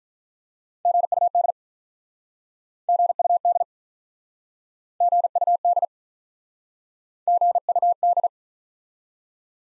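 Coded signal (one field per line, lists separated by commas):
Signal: Morse code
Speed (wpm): 47 wpm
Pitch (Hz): 700 Hz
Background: none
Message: GUD GUD GUD GUD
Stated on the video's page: Speed-Racing Morse practice of common QSO elements, starting at 35 wpm and slowing incrementally to a base speed; final repeat sent once at maximum speed.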